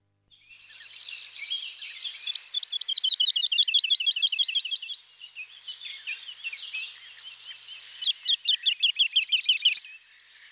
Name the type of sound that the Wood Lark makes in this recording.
song